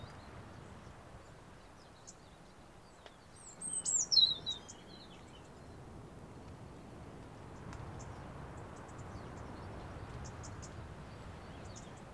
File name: Erithacus rubecula 291115